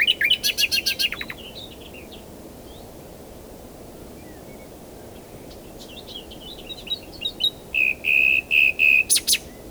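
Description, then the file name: Common nightingale song opening with a rapid rattling series, a quiet spell of soft notes, then a steady series of loud whistled notes. "Luscinia megarhynchos"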